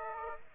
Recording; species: mosquito wingbeat signal from an infrared sensor; Aedes aegypti